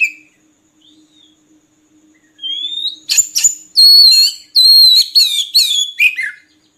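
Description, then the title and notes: Oriental magpie-robin song, quiet start building into loud rising whistles and ringing repeated phrases, ending on a falling note. Kacer song meant as training material so kept magpie-robins sing actively (gacor) day and night. "Kacer Jadi Gacor Siang Malam. Isian Kacer Durasi Panjang"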